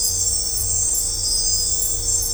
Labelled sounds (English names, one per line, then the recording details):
none
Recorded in dense forest near Puerto Asís, Putumayo, Colombia, on 16 December 2024 at 01:30
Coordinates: 0.503, -76.323
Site G043